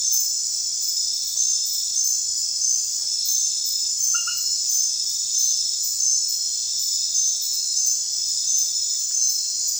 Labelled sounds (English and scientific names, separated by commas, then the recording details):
none
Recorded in secondary vegetation near Puerto Asís, Putumayo, Colombia, on 30 June 2025 at 00:00
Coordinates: 0.498, -76.327
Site GP09